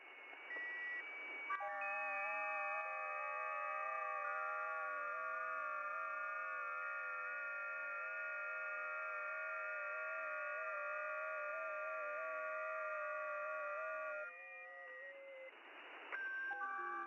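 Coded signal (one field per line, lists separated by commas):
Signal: FT8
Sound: many overlapping steady, slowly shifting tones for about 13 seconds, then hiss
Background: radio static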